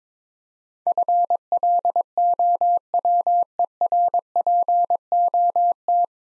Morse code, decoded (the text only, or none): FLOWERPOT